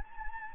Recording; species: mosquito wingbeat signal from an infrared sensor; Anopheles gambiae